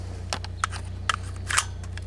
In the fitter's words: oh what a solid click